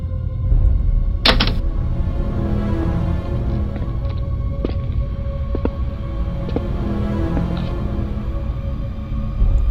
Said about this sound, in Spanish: Antes de que pueda reaccionar, la puerta se cierra estrepitosamente detrás de sí y Luis Armando se queda sumido en una completa oscuridad.